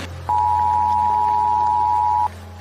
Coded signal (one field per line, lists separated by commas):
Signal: Emergency Alert System (SAME) tones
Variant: 853 and 960 Hz attention tone